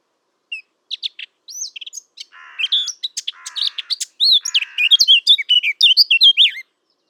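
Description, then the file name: Eurasian blackcap song: scattered opening notes, a few buzzy rasping sounds mixed in, then a rush of bright warbled and whistled notes. "Sylvia atricapilla"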